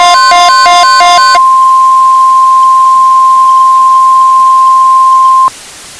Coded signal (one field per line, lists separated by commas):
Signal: Emergency Alert System (SAME) tones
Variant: 1050 Hz attention tone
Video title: EAS Scenario: Climate Calamity